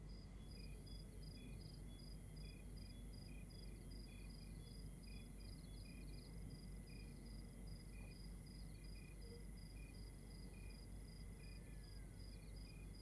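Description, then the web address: A chorus of crickets with repeated short chirps at a few pitches, steady throughout over low rumbling noise. Outdoors at night in Rwanda. "Monte Sound - Atmospheres of Rwanda AMB External Rwanda Night Crickets"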